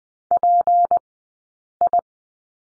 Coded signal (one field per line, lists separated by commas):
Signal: Morse code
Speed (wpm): 20 wpm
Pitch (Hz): 700 Hz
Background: none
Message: PI